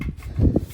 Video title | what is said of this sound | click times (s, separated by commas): Ryobi Max Power 36v RY36BLXB Leaf Blower Review @RYOBITOOLSUSA @RYOBI_TV | that way slip it on till it clicks | 0.6 s